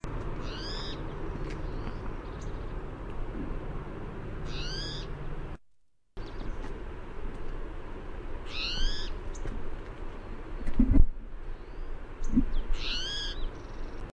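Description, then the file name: Spotted towhee mew calls, harsh nasal downslurred notes repeated about every four seconds over low rumbling background noise, with a brief silent gap midway. "SPTO mew"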